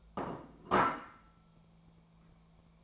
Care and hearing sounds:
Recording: daily activity, microphone in the room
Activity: place plate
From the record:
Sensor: 1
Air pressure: 1000.3 hPa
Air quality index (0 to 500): 145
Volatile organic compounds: 3 ppm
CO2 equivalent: 1359 ppm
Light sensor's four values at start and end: 27/68/29/34 and 27/68/29/34

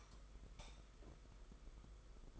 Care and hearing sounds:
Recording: daily activity, microphone in the room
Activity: light off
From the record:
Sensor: 5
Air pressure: 991.2 hPa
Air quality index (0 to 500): 106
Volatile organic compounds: 22 ppm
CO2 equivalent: 2740 ppm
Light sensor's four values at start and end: 19/48/19/21 and 18/43/17/19

